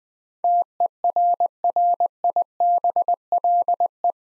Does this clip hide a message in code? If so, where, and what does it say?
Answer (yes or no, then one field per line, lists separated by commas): yes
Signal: Morse code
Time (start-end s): 0.4-4.1 s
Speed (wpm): 20 wpm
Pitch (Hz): 700 Hz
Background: none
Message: TERRIBLE